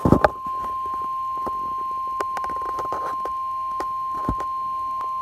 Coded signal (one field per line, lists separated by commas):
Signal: Emergency Alert System (SAME) tones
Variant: 1050 Hz attention tone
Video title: Tornado Warning (EAS) No. 14